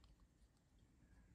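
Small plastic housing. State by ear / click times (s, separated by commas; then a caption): not seated / none. The key blade and plastic shell half of a Citroen C4 key fob are handled against the fob housing while the key is being reassembled for an immobiliser fault. Only low, steady handling rustle is heard, with no sharp sound. Nothing has seated or clicked yet.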